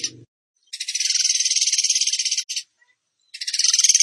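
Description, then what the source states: Bird song: a short burst, then a long rapid buzzy trill of evenly pulsed high notes lasting nearly two seconds, a brief fragment, and another trill starting after a pause. Masteran training song of a singing bird in the tembakan gacor style.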